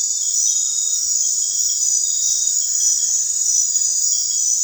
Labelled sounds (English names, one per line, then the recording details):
none
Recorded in dense forest near Puerto Asís, Putumayo, Colombia, on 16 December 2024 at 22:00
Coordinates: 0.468, -76.322
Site G071